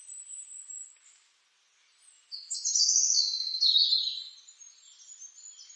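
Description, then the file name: European robin singing a thin, sustained high note, then a brighter, louder warbling run that slides downward before fading. "Rudzik"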